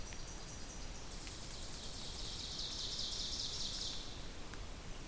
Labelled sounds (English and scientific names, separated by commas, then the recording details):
Ovenbird (Seiurus aurocapilla) song
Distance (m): 70 m
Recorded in boreal forest in Alberta, Canada, on 2 June 2016 at 06:45
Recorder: SongMeter 3, array SBT-3-7
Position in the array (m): 193 m, 4 m
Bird 6